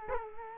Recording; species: mosquito wingbeat signal from an infrared sensor; Culex quinquefasciatus